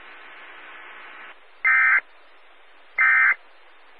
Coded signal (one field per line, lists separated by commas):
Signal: Emergency Alert System (SAME) tones